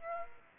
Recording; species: mosquito wingbeat signal from an infrared sensor; Aedes aegypti